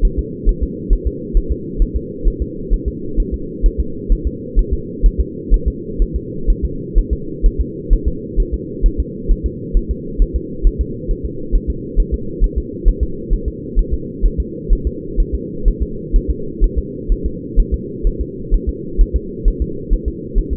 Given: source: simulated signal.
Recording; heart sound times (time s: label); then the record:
fetal heart sounds
0.05 s: S1
0.19 s: S2
0.49 s: S1
0.63 s: S2
0.93 s: S1
1.07 s: S2
1.37 s: S1
1.52 s: S2
1.82 s: S1
1.96 s: S2
2.28 s: S1
2.42 s: S2
2.73 s: S1
2.88 s: S2
3.20 s: S1
3.34 s: S2
3.66 s: S1
3.80 s: S2
4.12 s: S1
4.27 s: S2
4.59 s: S1
4.73 s: S2
5.06 s: S1
5.20 s: S2
5.54 s: S1
5.68 s: S2
6.02 s: S1
6.16 s: S2
6.50 s: S1
6.65 s: S2
6.98 s: S1
7.13 s: S2
7.46 s: S1
7.61 s: S2
7.93 s: S1
8.08 s: S2
8.40 s: S1
8.54 s: S2
8.86 s: S1
9.00 s: S2
9.31 s: S1
9.46 s: S2
9.77 s: S1
9.91 s: S2
10.22 s: S1
10.36 s: S2
10.67 s: S1
10.81 s: S2
11.11 s: S1
11.25 s: S2
11.55 s: S1
11.70 s: S2
12.00 s: S1
12.14 s: S2
12.44 s: S1
12.58 s: S2
12.88 s: S1
13.03 s: S2
13.34 s: S1
13.48 s: S2
13.79 s: S1
13.93 s: S2
14.26 s: S1
14.40 s: S2
14.73 s: S1
14.87 s: S2
15.20 s: S1
15.35 s: S2
15.68 s: S1
15.82 s: S2
16.16 s: S1
16.30 s: S2
16.64 s: S1
16.78 s: S2
17.12 s: S1
17.26 s: S2
17.59 s: S1
17.74 s: S2
18.07 s: S1
18.21 s: S2
18.54 s: S1
18.69 s: S2
19.01 s: S1
19.16 s: S2
19.48 s: S1
19.62 s: S2
19.93 s: S1
20.08 s: S2
20.38 s: S1
20.53 s: S2
From the record:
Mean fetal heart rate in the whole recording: 130 bpm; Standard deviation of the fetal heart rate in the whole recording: 2 bpm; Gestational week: 38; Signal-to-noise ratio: -4.3 dB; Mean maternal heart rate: 72 bpm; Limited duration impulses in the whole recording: absent